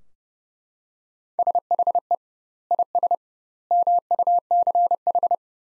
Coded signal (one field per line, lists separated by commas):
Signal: Morse code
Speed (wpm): 30 wpm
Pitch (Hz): 700 Hz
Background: none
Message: SHE IS MUCH